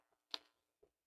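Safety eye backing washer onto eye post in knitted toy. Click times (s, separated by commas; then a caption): 0.3 s. A plastic safety eye backing washer is pressed with both hands onto the eye's post through a knitted dragon head. A faint tick comes near 0.1 s, then a sharp, bright snap at 0.3 s, and a softer, lower tick follows near 0.8 s. The washer snaps on and is seated on the post.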